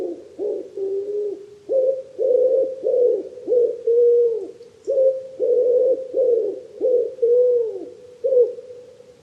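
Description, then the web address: Wood pigeon cooing: a steady run of short, low, hollow coos, closely spaced with brief gaps, one phrase following another throughout with no other sounds. "cianscape. Deverinetal 2025. Bird Only"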